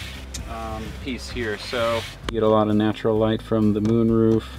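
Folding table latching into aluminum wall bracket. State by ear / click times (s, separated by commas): seated / 0.3 s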